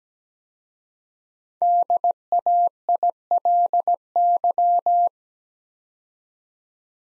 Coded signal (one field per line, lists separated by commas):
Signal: Morse code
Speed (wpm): 17 wpm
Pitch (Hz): 700 Hz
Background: none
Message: DAILY